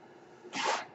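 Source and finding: Home mechanical ventilator. Mechanical ventilator air cycle.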